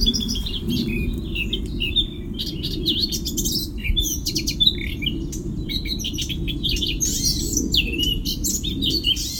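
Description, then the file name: Eurasian blackcap song: a dense, rapid warble of varied chirps and twittering notes throughout, over a steady low rumble. "Sylvia atricapilla"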